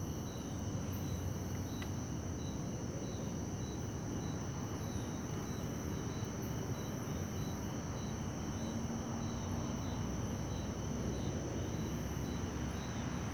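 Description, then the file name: Crickets give continuous high trills and regularly spaced pulsed chirps over a constant low rumble. At night in Beija Flor park. "Ambiencia parque beija flor a noite com grilos, passos na grama, aviao passando e depois transito longe"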